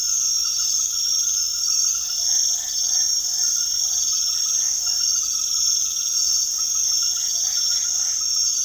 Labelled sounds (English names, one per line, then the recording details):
none
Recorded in secondary vegetation near Puerto Asís, Putumayo, Colombia, on 19 February 2024 at 23:30
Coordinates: 0.500, -76.326
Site G6428